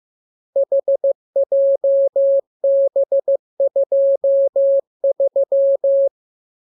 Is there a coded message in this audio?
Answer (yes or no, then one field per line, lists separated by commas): yes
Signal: Morse code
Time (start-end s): 0.6-6.1 s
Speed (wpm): 15 wpm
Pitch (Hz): 550 Hz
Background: none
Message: HJB23